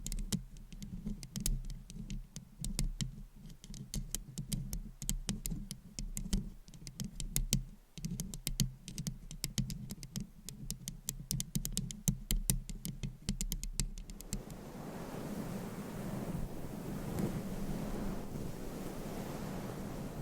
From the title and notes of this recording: ASMR Mic Scratching Battle with 100 Different MICS ! Bare VS Foam VS Fluffy Covers No Talking.